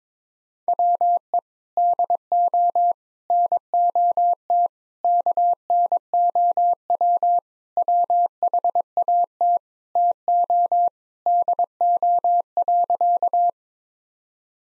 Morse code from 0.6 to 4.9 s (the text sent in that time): WE DO NOT